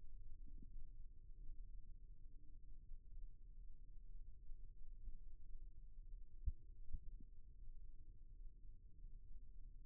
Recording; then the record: forearm muscle sounds (acoustic myography)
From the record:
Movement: rest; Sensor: system 1, eight BSWA MPA416 microphones around the upper forearm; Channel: 8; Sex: male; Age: 23 years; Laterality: right